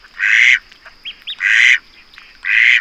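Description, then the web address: Duck quacks, three loud harsh nasal calls spaced about a second apart, with two small chirps between them. Farm setting. "Les canards. un jour a la ferme"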